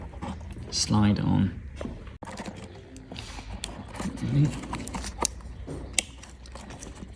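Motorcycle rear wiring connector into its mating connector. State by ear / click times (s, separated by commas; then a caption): seated / 6.0 s. On a 2017 BMW R NineT Racer, the plastic electrical connector for the EvoTech Performance tail tidy's rear wiring is slid onto its mating connector while someone talks. Soft handling noises and small ticks lead up to a sharp click at 6.0 s as the connector latches and seats home.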